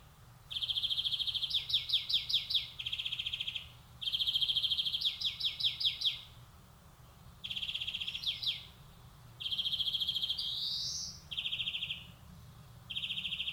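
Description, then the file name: European greenfinch song of long trilled and twittering phrases, including one drawn-out rising wheeze near the end, over a low steady hum. "Chloris chloris"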